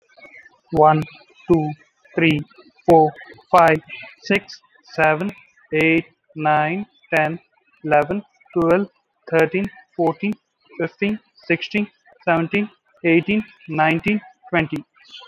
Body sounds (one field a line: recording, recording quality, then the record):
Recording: counting at a normal pace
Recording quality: excellent, no background noise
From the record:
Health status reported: COVID-19 positive, mild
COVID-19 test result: positive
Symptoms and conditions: cough, breathing difficulty, sore throat, fever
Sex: male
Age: 35 years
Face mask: not worn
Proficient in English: yes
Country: India